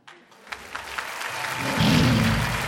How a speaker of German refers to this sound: Und die Zuschauer klatschen begeistert.